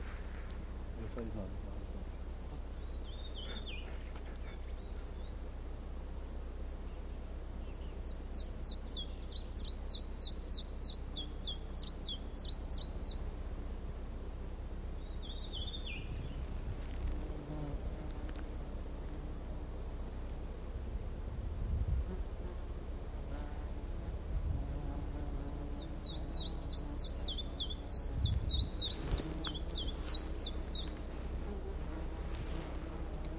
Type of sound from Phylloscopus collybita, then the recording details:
song. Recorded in the wild. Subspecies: abietinus. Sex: male. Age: adult. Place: Hemsjö, Jämtland, Jämtlands län, SE. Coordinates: 62.7167, 15.5833. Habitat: spruce. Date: 1971-07-11 13:45. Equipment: Nagra SN, AKG CK 5, 9 cm/s, Kopie Nagra III PH. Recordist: Schneider, Hans-Joachim